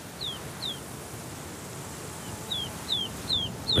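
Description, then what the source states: Ptarmigan chick calls: thin, high descending whistled notes, two early and then several more after a pause, over a soft background hiss. Chicks' loud, plaintive contact calls reuniting the family; complex terrain of hollows, ditches, boulders and shrubs where staying in touch is hard; Dead Mountains.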